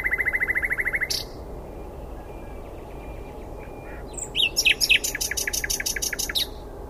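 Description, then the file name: Common nightingale song opening with a fast, loud rattling trill, a quiet pause, then an emphatic run of rapid repeated chirps. "Luscinia megarhynchos"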